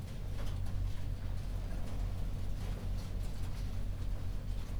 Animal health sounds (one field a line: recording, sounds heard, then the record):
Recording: poultry house recording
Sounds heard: no chicken sound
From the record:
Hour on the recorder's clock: 0